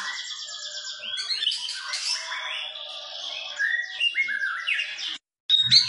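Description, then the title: White-rumped shama song: dense harsh chattering and scratchy mixed notes pouring out continuously, with bright whistles woven in, ending after a short gap. Lure song meant to make the bird respond; the bird is described as gacor, singing constantly and energetically. "PANCINGAN MURAI BATU GACOR, LANGSUNG RESPON"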